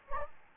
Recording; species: mosquito wingbeat signal from an infrared sensor; Anopheles gambiae